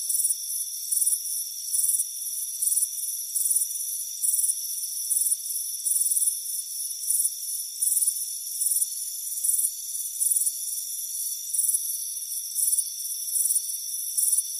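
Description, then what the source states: Crickets chirping with regular high, buzzy bursts roughly every second, set against a constant whining insect drone. Crickets chirping on a warm afternoon on a front porch.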